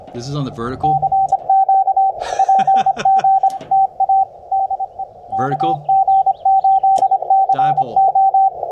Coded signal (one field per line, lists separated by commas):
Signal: Morse code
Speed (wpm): 26 wpm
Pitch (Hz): 770 Hz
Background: speech, radio noise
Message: CQ PG TA DE KG8CO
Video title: Dipole vs Vertical for DX: Why Ground Matters